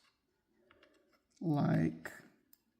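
A small wi-fi antenna cable connector is handled over its socket on a handheld console's motherboard while someone talks, with a few faint light ticks at about 0.7, 0.8 and 2.5 seconds. Nothing has seated or clicked yet; the connector is not yet home.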